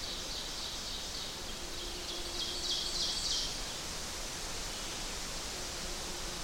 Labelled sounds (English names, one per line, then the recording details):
Ovenbird song
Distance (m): 35 m
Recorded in boreal forest in Alberta, Canada, on 8 June 2016 at 05:51
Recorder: SongMeter 3, array SBT-3-9
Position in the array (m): 108 m, 104 m
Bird 34